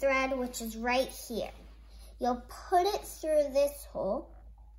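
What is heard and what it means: Sewing thread is being put through a hole or thread guide on a Singer 1425 sewing machine while someone talks. Nothing has clicked or seated in the guide yet.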